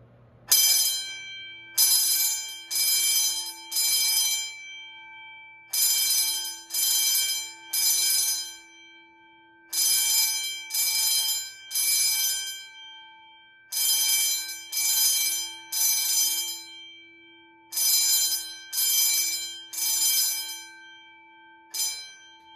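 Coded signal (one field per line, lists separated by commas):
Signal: alarm pattern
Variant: motor fire bell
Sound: fire bell rings in groups of three short bursts, then pauses, repeating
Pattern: temporal three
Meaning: Temporal-3 evacuation signal: leave the building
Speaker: now we're going to see how the mb 10-24 sounds in temporal 3. [Music] okay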